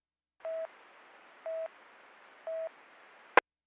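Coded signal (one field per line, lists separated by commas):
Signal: none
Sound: police radio channel beeps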